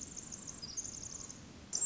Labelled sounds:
Pacific Wren
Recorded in Sonoma County, California

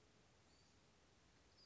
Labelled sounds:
Western Flycatcher
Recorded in Sonoma County, California

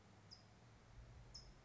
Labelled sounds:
California Towhee
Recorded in Sonoma County, California

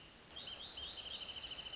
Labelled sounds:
Wrentit
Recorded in Sonoma County, California

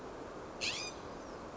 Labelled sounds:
California Scrub-Jay
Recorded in Sonoma County, California

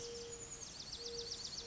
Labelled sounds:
Mourning Dove
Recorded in Sonoma County, California

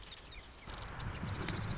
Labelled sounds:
Marsh Wren
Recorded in Sonoma County, California

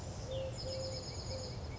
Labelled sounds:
Chestnut-backed Chickadee
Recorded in Sonoma County, California

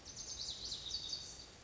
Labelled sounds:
Lazuli Bunting
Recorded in Sonoma County, California

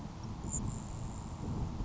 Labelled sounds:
Grasshopper Sparrow
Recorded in Sonoma County, California

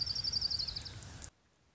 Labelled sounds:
Orange-crowned Warbler
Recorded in Sonoma County, California

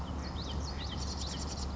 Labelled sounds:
Marsh Wren
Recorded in Sonoma County, California

